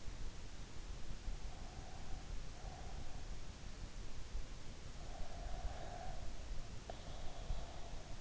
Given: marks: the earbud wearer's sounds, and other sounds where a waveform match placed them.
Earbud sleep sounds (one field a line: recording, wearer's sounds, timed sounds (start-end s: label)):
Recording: sounds in sleep by an in-ear microphone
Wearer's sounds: breath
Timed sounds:
1.39-3.50 s: breath
4.90-8.21 s: breath